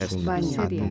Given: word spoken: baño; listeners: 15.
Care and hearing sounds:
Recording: one Spanish word in noise, from a listening test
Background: four-talker babble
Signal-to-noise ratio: -0.5 dB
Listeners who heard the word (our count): 3 of 15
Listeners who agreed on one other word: 10 of 15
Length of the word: 0.50 s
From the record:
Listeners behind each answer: 10, 3, 1, 1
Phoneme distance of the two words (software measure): 34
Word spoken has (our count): 2 syllables, 4 phonemes, stress on syllable 1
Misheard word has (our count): 3 syllables, 6 phonemes, stress on syllable 2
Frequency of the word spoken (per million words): 44.64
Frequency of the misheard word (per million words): 525.66

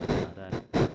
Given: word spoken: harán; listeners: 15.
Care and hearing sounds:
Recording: one Spanish word in noise, from a listening test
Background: noise modulated by one talker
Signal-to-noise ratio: -8.9 dB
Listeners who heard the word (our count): 1 of 15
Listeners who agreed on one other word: 6 of 15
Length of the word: 0.55 s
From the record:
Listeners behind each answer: 6, 1, 1, 1, 1, 1, 1, 1, 1, 1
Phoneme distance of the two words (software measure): 17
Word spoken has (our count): 2 syllables, 4 phonemes, stress on syllable 2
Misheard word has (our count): 2 syllables, 5 phonemes, stress on syllable 2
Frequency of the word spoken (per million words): 19.14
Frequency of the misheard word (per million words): 24.92

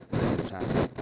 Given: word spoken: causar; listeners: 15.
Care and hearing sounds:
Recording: one Spanish word in noise, from a listening test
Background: noise modulated by one talker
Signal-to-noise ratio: -12.2 dB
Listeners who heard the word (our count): 2 of 15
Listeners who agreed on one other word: 6 of 15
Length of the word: 0.62 s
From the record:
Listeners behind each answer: 6, 2, 1, 1, 1, 1, 1, 1, 1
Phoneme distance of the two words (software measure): 24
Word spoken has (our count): 2 syllables, 6 phonemes, stress on syllable 2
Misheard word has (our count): 2 syllables, 4 phonemes, stress on syllable 2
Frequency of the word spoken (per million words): 12.47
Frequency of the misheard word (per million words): 38.17

